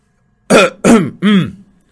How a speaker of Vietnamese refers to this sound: Cửu Phong cũng có chút nhìn không được, cố ý ho khan hai tiếng, ý bảo đồ đệ của mình thu liễm một chút.